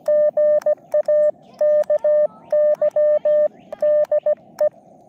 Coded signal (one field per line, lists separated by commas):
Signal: Morse code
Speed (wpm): 17 wpm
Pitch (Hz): 590 Hz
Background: none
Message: GA KY DE